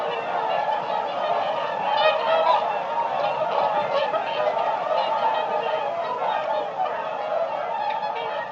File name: audio hero Bird Whooper Swan